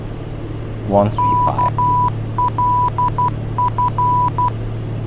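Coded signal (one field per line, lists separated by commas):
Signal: Morse code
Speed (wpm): 12 wpm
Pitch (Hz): 990 Hz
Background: speech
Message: KLF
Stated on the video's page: Morse ident from ILS/NAV radio in a flight simulator, not real flight.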